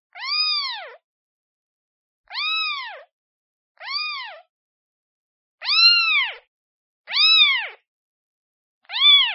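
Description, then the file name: Cat: kitten giving six shrill arched meows at irregular intervals of about one to two seconds, some louder than others, no background noise. Kitten calling for its mother. "Tieng meo con keu tim me"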